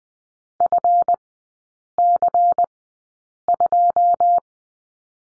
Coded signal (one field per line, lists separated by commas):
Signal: Morse code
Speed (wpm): 20 wpm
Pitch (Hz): 700 Hz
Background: none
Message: FC2